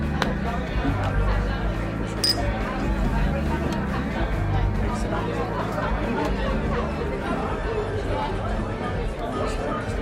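Murmuring bar ambience: many voices overlap into a dense, steady chatter with no single speaker standing out. A low hum runs underneath, and small clinks and knocks of glasses or cutlery pop up throughout, one sharper clink near the two-second mark.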